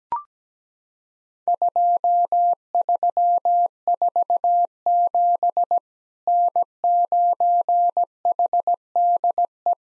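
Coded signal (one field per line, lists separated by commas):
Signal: Morse code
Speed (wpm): 17 wpm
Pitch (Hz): 700 Hz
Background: none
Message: 2347 N9HDE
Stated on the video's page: Morse practice of Worked All Europe DX Contest QTC exchanges at 17 wpm, each sent in Morse, then spoken, then sent again.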